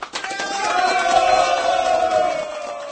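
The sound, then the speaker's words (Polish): An applause sound effect: a loud burst of crowd cheering with sustained shouting voices, holding steady for about three seconds before easing slightly at the end. “Czekaj, gdzieś jakieś brawo, tu ci dam brawo.”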